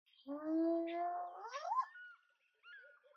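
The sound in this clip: Spotted hyena call, a drawn-out tonal cry that rises in pitch toward its end, then fainter higher notes.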